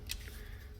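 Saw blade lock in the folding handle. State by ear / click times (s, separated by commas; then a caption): seated / 0.1 s. The blade lock in a folding saw's handle is worked again and snaps into place with a sharp click at 0.1 s, followed by a fainter tick at 0.3 s over a steady low background noise. The blade is locked and seated.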